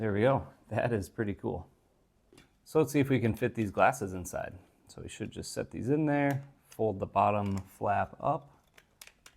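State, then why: Seated. Someone talks while setting glasses into a flexible 3D-printed case and folding the bottom flap up. Soft handling taps follow, and the top flap of the case clicks as it locks shut at 9.0 s.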